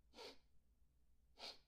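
Two short, hissy bursts about a second apart: an adult sneezing, over faint room noise.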